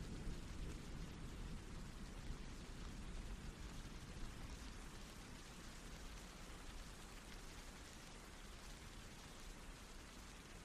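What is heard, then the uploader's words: Rain falls steadily and densely throughout, a constant hiss with a heavier low rumble underneath and no distinct individual drops or pauses. Serene Rain Sounds.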